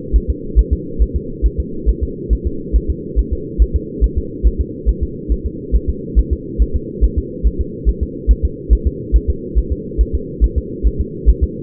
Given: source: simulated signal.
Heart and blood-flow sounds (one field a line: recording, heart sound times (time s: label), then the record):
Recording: fetal heart sounds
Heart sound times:
0.16 s: S1
0.30 s: S2
0.59 s: S1
0.73 s: S2
1.02 s: S1
1.16 s: S2
1.46 s: S1
1.60 s: S2
1.89 s: S1
2.03 s: S2
2.33 s: S1
2.47 s: S2
2.76 s: S1
2.90 s: S2
3.19 s: S1
3.33 s: S2
3.62 s: S1
3.76 s: S2
4.04 s: S1
4.18 s: S2
4.47 s: S1
4.61 s: S2
4.89 s: S1
5.03 s: S2
5.32 s: S1
5.46 s: S2
5.75 s: S1
5.90 s: S2
6.19 s: S1
6.33 s: S2
6.62 s: S1
6.76 s: S2
7.04 s: S1
7.18 s: S2
7.47 s: S1
7.61 s: S2
7.89 s: S1
8.03 s: S2
8.31 s: S1
8.45 s: S2
8.73 s: S1
8.87 s: S2
9.16 s: S1
9.30 s: S2
9.58 s: S1
9.72 s: S2
10.01 s: S1
10.15 s: S2
10.44 s: S1
10.58 s: S2
10.87 s: S1
11.01 s: S2
11.29 s: S1
11.44 s: S2
From the record:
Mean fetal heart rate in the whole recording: 140 bpm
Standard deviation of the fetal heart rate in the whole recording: 2 bpm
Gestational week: 34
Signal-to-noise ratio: -4.3 dB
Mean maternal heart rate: 72 bpm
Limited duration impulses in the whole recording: absent